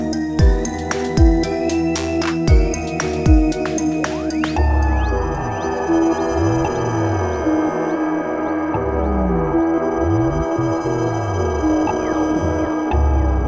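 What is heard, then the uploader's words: Binaural beats built from layered, steady ringing tones that hold like a singing bowl drone. During the first four seconds, sharp percussive hits repeat at a regular pulse. After that, deep bass tones rise and fall in slow swooping sweeps beneath the sustained hum. Binaural beats.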